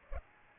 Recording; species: mosquito wingbeat signal from an infrared sensor; Aedes aegypti